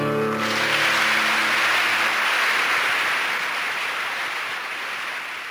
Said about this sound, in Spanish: Ahí estaban los aplausos, claramente una grabación en vivo